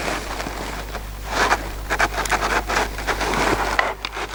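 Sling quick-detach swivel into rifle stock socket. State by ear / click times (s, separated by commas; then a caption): seated / 3.8 s. A metal quick-detach sling swivel is pushed into the socket at the back of the stock of a Ruger Precision .308 Winchester rifle. Soft handling and scraping noises come before a sharp click at 3.8 seconds, when the swivel locks into place. The lock-in is then confirmed.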